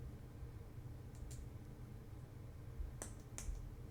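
A stiff plastic long head piece from a 1/144 Bandai HGUC D-50C Loto Twin Set model kit is pressed further into its socket joint. Against a low steady hum, a faint tick comes at about 1.3 s, then two sharp clicks at 3.0 s and 3.4 s. The part seats further in.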